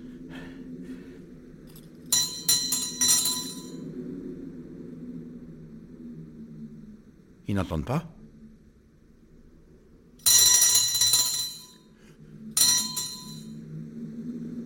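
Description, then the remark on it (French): A small hand bell is shaken in several bursts, a bright, high tinkling repeated rapidly each time, with a brief spoken question between bursts over a low steady background hum. “Et ma sonnette ne fait pas assez de bruit.”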